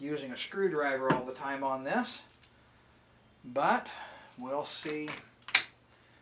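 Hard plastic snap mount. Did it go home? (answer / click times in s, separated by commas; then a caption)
yes / 5.5 s. A camera with a quick-release plate is pressed into the clamp of a three-way tripod head while someone talks. There is a loud, sharp snap at 5.5 s, preceded by a couple of faint ticks, as the plate seats with a little pressure. The camera is confirmed to have snapped right into the mount.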